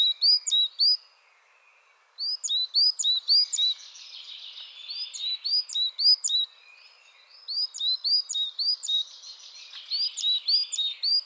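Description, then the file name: Coal tit calls: crisp high hooked notes in quick runs separated by pauses, with softer buzzy chatter between some runs. Chattering (bavarde) calls. "MESANGE NOIRE BAVARDE"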